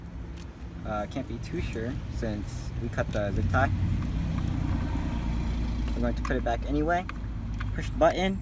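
A wiring connector is being handled while fitted to the turn signal wiper switch control lever of a 2003–2007 Honda Accord, with its release button pushed and the connector slid toward the switch. Someone talks throughout over a steady low background hum. Nothing has seated or clicked yet.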